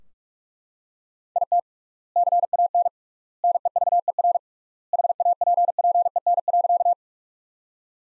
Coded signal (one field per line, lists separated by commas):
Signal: Morse code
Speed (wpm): 42 wpm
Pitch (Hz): 700 Hz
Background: none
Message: IT CAN NEVER HAPPEN.